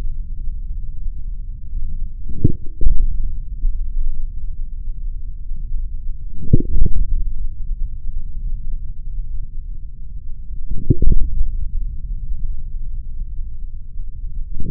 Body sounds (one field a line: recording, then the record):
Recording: forearm muscle sounds (acoustic myography)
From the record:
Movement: forearm pronation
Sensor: system 3, bracelet of six PUI Audio POM-2738L microphones around the upper forearm, with dedicated amplification and filtering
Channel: 2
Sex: male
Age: 43 years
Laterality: right